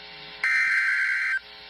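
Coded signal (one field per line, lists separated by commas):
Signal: Emergency Alert System (SAME) tones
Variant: header bursts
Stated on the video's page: Severe thunderstorm warning issued by NOAA Weather Radio transmitter KEC56 in Dallas/Fort Worth, Texas, captured on a livestream.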